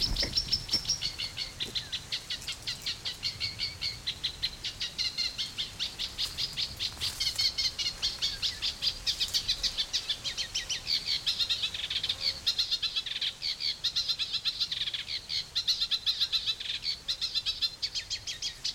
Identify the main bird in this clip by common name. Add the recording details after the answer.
Eurasian Reed Warbler. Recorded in the wild. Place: Mühlenbeck, Brandenburg, DE. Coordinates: 52.667, 13.37. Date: 1992-06-27 13:39. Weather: sonnig, 22-26°C. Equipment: Marantz CP 430, Sennheiser ME 80, Kopie Tesla B 116. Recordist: Tembrock, Günter. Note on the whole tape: Mühlenbecker See (Südufer); Gesang ca. 4 min (sehr gut trotz leichtem Wind)